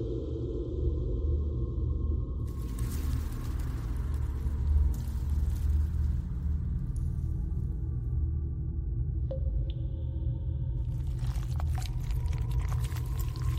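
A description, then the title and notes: A dense, steady low rumble fills the alien hive ambience throughout, with a thick churning drone underneath. Crackling, hissy textures come and go over it, starting around two seconds and again near eleven, and a thin high whine sits in the background. Alien hive ASMR ambience. Predator cave.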